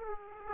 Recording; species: mosquito wingbeat signal from an infrared sensor; Aedes aegypti